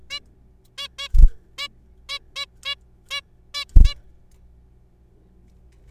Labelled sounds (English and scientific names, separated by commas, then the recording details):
Zebra Finch (Taeniopygia guttata)
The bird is a juvenile
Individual R3428